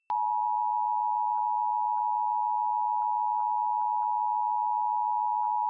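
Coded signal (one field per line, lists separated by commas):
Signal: Emergency Alert System (SAME) tones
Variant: 853 and 960 Hz attention tone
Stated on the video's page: Flash Flood Warning broadcast on a digital TV station.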